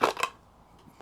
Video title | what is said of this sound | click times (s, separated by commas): WILDERNESS WARRIOR GEN 2 from WORKTUFFGEAR! The definition of toughness! | Positive click. | 0.0 s